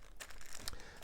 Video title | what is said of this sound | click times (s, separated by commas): JewelleryMaker Live 17/10/2024 - with Elena Stephens GIA AJP & Mark Smith | and then squidge down till you hear the click and then nothing will then go inside | 0.7 s